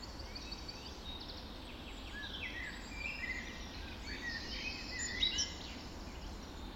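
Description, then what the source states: Dawn chorus, overlapping high birdsong with whistles and trills, one louder note near the end, over low background noise. Dawn chorus recorded just after dawn in the Forest of Dean.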